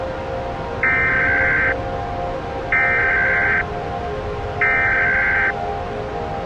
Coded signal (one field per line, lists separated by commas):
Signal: Emergency Alert System (SAME) tones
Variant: header bursts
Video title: EAS SCENARIO: THE RAPTURE